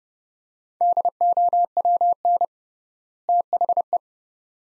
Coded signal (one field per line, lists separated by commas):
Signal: Morse code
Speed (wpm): 30 wpm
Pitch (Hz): 700 Hz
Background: none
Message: DOWN THE